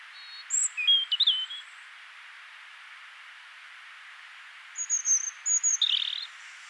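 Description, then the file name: European robin singing a short jumble of high whistles and trills, then silence for about three seconds before a second phrase of thin whistles and a dropping flourish. "Erithacus rubecula"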